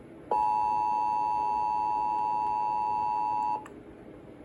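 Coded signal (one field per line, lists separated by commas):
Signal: Emergency Alert System (SAME) tones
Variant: 853 and 960 Hz attention tone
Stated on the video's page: Required Weekly Test aired on an FM radio station.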